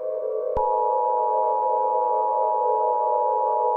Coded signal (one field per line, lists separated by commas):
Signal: Emergency Alert System (SAME) tones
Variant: 853 and 960 Hz attention tone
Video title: Nevada Occurrence (EAS Scenario)